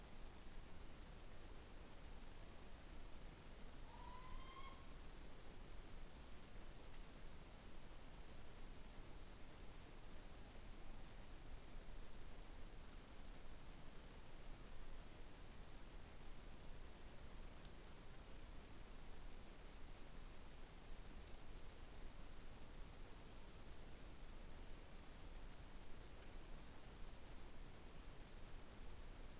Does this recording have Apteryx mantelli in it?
no